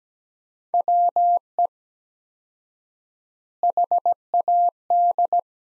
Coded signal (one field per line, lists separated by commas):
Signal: Morse code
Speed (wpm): 17 wpm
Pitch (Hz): 700 Hz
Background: none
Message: WE HAD